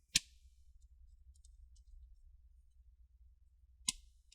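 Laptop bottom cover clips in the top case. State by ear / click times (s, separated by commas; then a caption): released / 0.2 s, 3.9 s. A plastic opening tool is pushed 2–3 mm between the bottom and top covers of an Acer Aspire 3 N19C1 laptop, with the bottom screws already removed for a battery replacement, and twisted to pop the plastic retaining clips apart. Two sharp clicks sound at 0.2 s and 3.9 s over a faint low hum as the bottom cover clips release from the top case.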